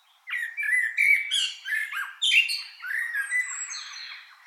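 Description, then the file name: Common blackbird: after a brief silent start, a dense run of loud, harsh squawky and chattering notes continuing to the end. "Turdus merula"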